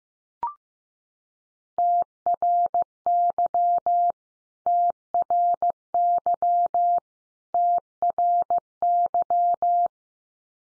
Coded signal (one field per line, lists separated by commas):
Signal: Morse code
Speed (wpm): 15 wpm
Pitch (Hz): 700 Hz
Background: none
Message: TRY TRY TRY